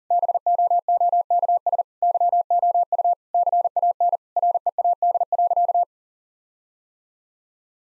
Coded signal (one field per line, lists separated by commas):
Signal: Morse code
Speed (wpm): 40 wpm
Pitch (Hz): 700 Hz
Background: none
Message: BOOKS YOU CAN READ.